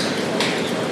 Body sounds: background sound without coughing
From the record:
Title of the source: Office Sounds Ambience - Background Noise for Study and Work

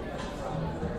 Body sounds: background sound without coughing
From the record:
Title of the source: 60 minutes of coffee shop sounds for study and concentration

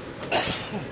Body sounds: coughing mixed with background sound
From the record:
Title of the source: Dry Afternoon Cough

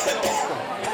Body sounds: coughing mixed with background sound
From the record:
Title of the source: Mid-morning Winter Coughing Fit

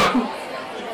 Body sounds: coughing mixed with background sound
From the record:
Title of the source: Barking cough - # 10

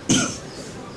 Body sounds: coughing mixed with background sound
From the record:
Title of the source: Spring Cold Coughing.

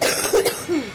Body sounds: coughing mixed with background sound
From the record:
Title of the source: 30 Chesty and wet cough

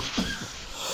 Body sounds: coughing mixed with background sound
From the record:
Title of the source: Spring Allergy Coughing

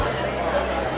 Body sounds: background sound without coughing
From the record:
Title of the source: CITY SOUNDS Busy Bar in the Evening Night - 2 HOURS of Ambiance for Relaxation

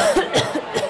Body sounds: coughing mixed with background sound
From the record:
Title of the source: Coughing Woman Sound - Woman Cough Sound Effect

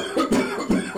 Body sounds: coughing mixed with background sound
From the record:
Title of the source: Residual Phlegmy Morning Coughing and Gagging

